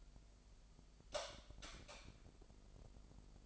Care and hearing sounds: daily activity, microphone in the room; light off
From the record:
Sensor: 5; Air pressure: 995.4 hPa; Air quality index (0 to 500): 92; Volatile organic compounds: 5 ppm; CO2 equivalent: 1736 ppm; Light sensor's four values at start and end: 36/87/35/35 and 35/81/33/33

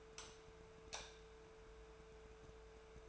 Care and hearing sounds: daily activity, microphone in the room; light off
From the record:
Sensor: 2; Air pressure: 1014.6 hPa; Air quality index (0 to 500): 185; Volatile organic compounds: 14 ppm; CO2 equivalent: 2442 ppm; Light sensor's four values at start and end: 34/89/38/41 and 29/71/31/34

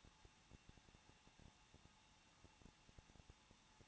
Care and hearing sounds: daily activity, microphone in the room; no activity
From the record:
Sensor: 1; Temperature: 20.1 degrees Celsius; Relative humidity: 39.1%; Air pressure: 1006.4 hPa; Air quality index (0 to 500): 216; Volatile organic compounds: 74 ppm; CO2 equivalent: 3552 ppm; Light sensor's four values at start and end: 1/2/1/1 and 1/2/1/1

